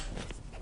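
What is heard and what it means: An SW Motech SysBag WP motorcycle pannier bag, with its rear tabs lined up on the metal PRO side carrier rack mount of a Triumph Tiger 900 Rally Pro, is pressed down onto the left side. A short, sharp click is heard at 0.3 s as the bag's mounting latch clicks home. The pannier is seated and on the carrier.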